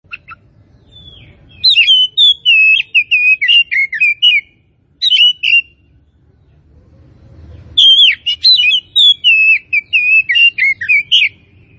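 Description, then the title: Oriental magpie-robin singing rich, fast whistled phrases with slurred notes and high squeaky chips, delivered in two long bursts separated by a short phrase and a few seconds of quiet. Tretes type, singing vigorously (gacor). "Kacer Tretes"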